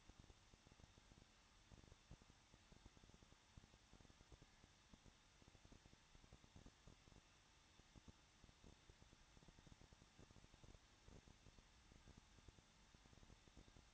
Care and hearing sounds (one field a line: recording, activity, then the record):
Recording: daily activity, microphone in the room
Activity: no activity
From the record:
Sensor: 3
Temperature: 21.2 degrees Celsius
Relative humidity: 36.3%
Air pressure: 1006.3 hPa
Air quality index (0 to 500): 222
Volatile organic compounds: 41 ppm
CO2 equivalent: 3166 ppm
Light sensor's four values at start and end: 2/3/2/2 and 2/3/2/2